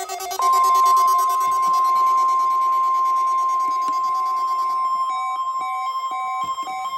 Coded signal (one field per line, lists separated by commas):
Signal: Emergency Alert System (SAME) tones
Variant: 1050 Hz attention tone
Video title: EAS - CRP Required Weekly Test on WXK26 - 11/23/2022